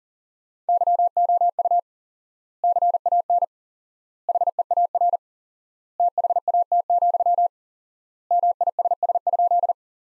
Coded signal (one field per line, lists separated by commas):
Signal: Morse code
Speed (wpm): 37 wpm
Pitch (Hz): 700 Hz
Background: none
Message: YOU CAN HEAR THAT, MISS?